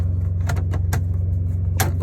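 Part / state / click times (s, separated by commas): plastic cover into its mounting tabs on a truck / seated / 0.9 s, 1.8 s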